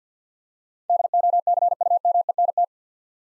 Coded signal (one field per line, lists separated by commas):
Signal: Morse code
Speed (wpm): 45 wpm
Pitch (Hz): 700 Hz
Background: none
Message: DOCUMENT